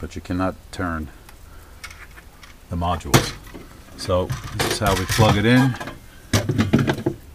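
Someone talks while handling the wiring harness connector of a Sub-Zero model 695 ice maker, lining it up with the ice maker module's mating socket. Faint taps and short handling ticks come through between the words, clustering near the end around 6.6 to 7.1 s. Nothing has seated or clicked yet.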